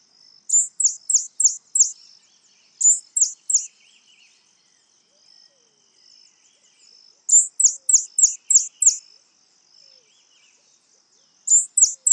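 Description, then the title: White-chinned sapphire calls: repeated bursts of several very high, sharp chips, separated by quiet pauses. Subspecies griseiventris. "LuckyPassaro Completos2Sama. White-chinned Sapphire (Hylocharis cyanus griseiventris)"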